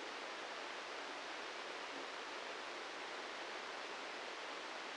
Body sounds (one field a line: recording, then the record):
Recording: brain microelectrode recording played as sound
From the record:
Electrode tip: inside the subthalamic nucleus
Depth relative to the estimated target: -3 mm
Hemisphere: right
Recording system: NeuroSet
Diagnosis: Parkinson's disease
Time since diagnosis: 13 years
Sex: male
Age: 65 years